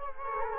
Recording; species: mosquito wingbeat signal from an infrared sensor; Culex quinquefasciatus